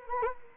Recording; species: mosquito wingbeat signal from an infrared sensor; Anopheles arabiensis